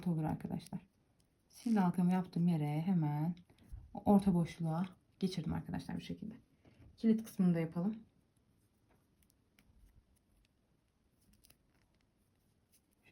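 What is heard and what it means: A plastic locking washer is lined up on the post of a safety eye inside a crocheted amigurumi toy, ready to be pressed home through the crocheted fabric. Someone talks for the first eight seconds, then faint handling sounds follow, with small taps around 9.3, 9.6 and 11.5 seconds. Nothing has seated or clicked yet.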